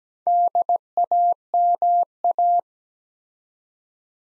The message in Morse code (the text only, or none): DAMA